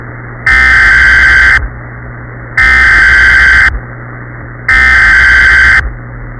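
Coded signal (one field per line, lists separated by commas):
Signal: Emergency Alert System (SAME) tones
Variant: header bursts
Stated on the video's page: Fictional emergency alert scenario test made with DECtalk voices.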